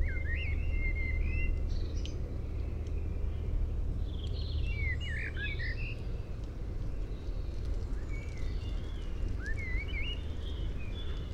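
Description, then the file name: Common blackbird song, a few short warbled phrases scattered throughout, over a steady low rumble. "Turdus merula"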